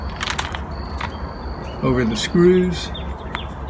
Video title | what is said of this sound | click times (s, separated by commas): Fullview Storm Door Install -Andersen 2000 Series | They just snap in place | 0.2 s, 0.3 s, 0.4 s, 0.5 s, 1.0 s